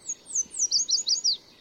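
Yellow Warbler song: a quick run of high, sweet slurred notes that speed up and fall in pitch, over a soft background hiss.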